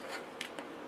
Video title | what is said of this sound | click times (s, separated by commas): WPL C44KM 1/16 Scale RC Landcruiser Metal Edition Crawler Build Tutorial Reviews | just snap in place | 0.4 s